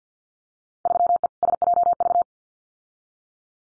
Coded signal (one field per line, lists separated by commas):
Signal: Morse code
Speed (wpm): 50 wpm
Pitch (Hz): 700 Hz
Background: none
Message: 3E SJV